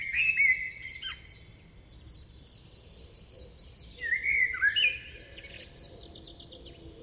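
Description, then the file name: Common blackbird singing rich, mellow warbled phrases twice, with a steady series of high, thin, falling chip notes repeated throughout the background. "Turdus merula"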